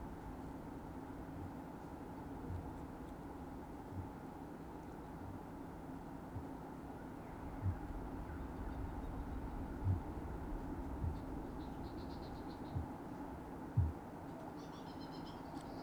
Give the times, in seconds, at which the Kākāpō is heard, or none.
1.22-1.57, 2.37-2.69, 3.71-4.18, 4.96-5.48, 6.15-6.58, 7.53-7.83, 9.64-10.10, 10.85-11.26, 12.56-12.97, 13.55-14.01